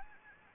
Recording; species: mosquito wingbeat signal from an infrared sensor; Anopheles gambiae